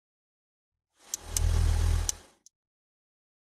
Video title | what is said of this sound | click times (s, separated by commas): how to use the Car Steering Wheel Lock | Push the shackle upwards until you can no longer hear the clicking sound. | 1.1 s, 1.4 s, 2.1 s